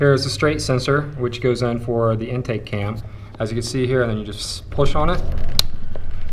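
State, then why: Seated. A plastic electrical wiring connector is pushed onto the straight intake-cam camshaft position sensor on an Infiniti G35 / Nissan 350Z (VQ35DE & REVup) while someone talks. It makes one small, sharp click at 5.9 s as the connector snaps and seats into place.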